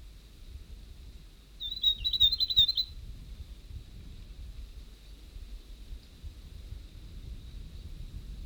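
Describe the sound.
North Island tomtit song: a single brisk phrase of high, quickly repeated notes near the start, then only faint low background noise.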